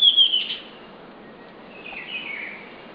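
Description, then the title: Southern chestnut-tailed antbird call: a high whistle sliding down at the start, then a fainter, lower downslurred note a little later. Subspecies pallens. "LuckyPassaro Completos2Sama. Southern Chestnut-tailed Antbird (Myrmeciza hemimelaena pallens)"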